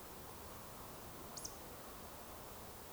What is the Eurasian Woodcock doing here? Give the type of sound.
whistle